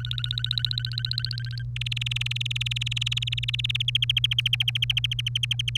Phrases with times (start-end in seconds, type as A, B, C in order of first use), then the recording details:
0.00-1.62 A, 1.76-3.77 B, 3.80-5.77 C. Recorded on 30 April 2018 at 15:21. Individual llb3